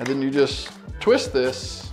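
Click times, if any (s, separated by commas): none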